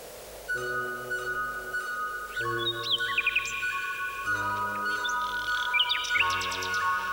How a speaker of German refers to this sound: Ethel Smith, unsere gemeinsame Komponistenfreundin, kam, um die Nachtigallen zu hören. Mindestens ein halbes Dutzend Nachtigallen waren da.